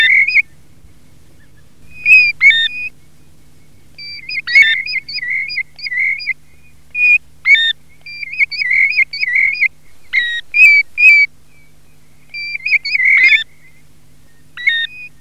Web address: PIVIERE DORATO